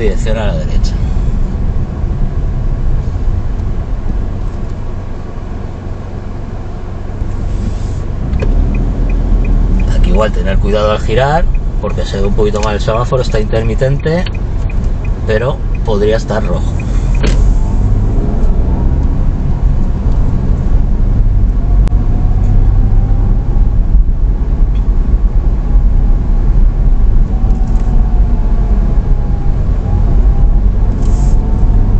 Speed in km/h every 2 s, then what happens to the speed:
15, 5, 0, 0, 9, 11, 7, 9, 15, 19, 25, 27, 27, 23, 21, 24.
0-3 brakes to 0. 3-6 standing. 6-9 pulls away to 11. 9-14 steady at about 9. 14-21 speeds up to 27. 21-32 steady at about 24.